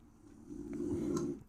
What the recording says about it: If you hear that snoring in the background, that is our new Frenchie, Winnie, who is sleeping in my office. And she snores really, really loud.